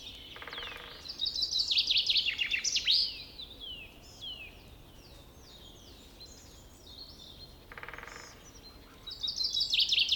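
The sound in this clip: Finch calls: bright twittering chirps in quick bursts, loud at the start and end with softer chirps between.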